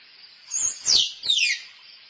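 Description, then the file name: Squirrel calls: three shrill chirps in quick succession, the last two sliding steeply down in pitch. Female squirrel calling for a mate. "tieng soc cai keu ban tinh"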